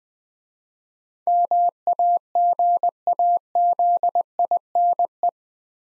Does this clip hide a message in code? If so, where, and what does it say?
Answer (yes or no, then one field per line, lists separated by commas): yes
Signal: Morse code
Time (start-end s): 1.3-5.3 s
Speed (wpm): 20 wpm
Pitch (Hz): 700 Hz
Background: none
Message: MAGAZINE